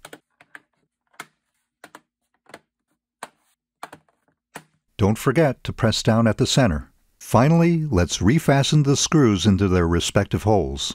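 The plastic bottom cover of an Asus VivoBook M515 (2021 model) laptop is pressed down around its edges so its retaining clips snap into the chassis, giving sharp clicks at 0.1, 0.6, 1.2, 3.2, 3.8 and 4.6 seconds. Someone then talks from about 5 seconds to the end. The cover clips are seated.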